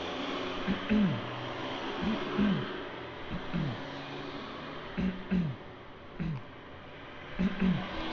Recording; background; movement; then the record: throat clearing; traffic; sitting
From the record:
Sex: male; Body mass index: 20.5 kg/m2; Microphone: on the chest, facing outward